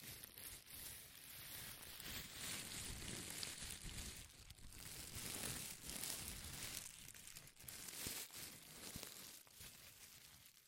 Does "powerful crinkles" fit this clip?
yes